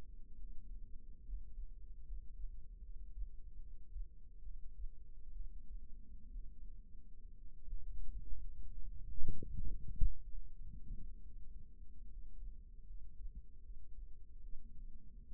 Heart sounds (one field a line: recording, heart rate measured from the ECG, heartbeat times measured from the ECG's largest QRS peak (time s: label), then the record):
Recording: heart sounds by microphone in the right ear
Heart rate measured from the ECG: 68 bpm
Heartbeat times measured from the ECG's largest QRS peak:
0.35 s: heartbeat
1.23 s: heartbeat
2.02 s: heartbeat
2.80 s: heartbeat
3.57 s: heartbeat
4.40 s: heartbeat
5.31 s: heartbeat
6.30 s: heartbeat
7.35 s: heartbeat
8.36 s: heartbeat
9.35 s: heartbeat
10.29 s: heartbeat
11.21 s: heartbeat
12.07 s: heartbeat
12.85 s: heartbeat
13.60 s: heartbeat
14.39 s: heartbeat
15.26 s: heartbeat
From the record:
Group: healthy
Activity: rest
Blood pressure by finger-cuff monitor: 137/67 mmHg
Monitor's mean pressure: 88 mmHg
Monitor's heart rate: 67 bpm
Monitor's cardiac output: 6.1 L/min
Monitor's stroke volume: 93 mL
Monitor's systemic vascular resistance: 1060 dyn s/cm5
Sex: female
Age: 37 years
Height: 168 cm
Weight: 70 kg